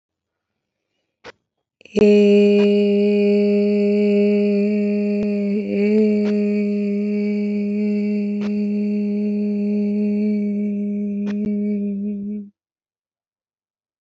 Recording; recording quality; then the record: sustained vowel as in made; excellent, no background noise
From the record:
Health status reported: respiratory illness, not identified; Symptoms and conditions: asthma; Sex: female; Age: 27 years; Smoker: not ticked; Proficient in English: yes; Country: India